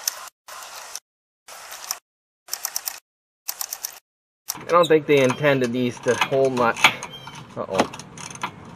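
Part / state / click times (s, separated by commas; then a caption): bolt in camper bumper square tube frame / stripped / 8.4 s. A ratchet turns a 9/16 bolt on a camper bumper mount in a square tube frame, with bursts of ratcheting clicks in the first four seconds before someone talks. The ratcheting ends in a slip at 8.4 seconds as the bolt head strips.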